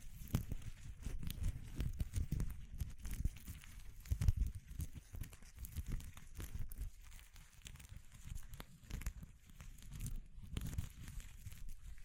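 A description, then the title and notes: ASMR texture sounds: dense, rustling crinkles and scratches run through all twelve seconds, with frequent quick clicks and taps. The sound is mostly low and rumbling with a thin bright hiss above, and it swells in busier bursts around two and four seconds. ASMR Exploring Textures (No Talking).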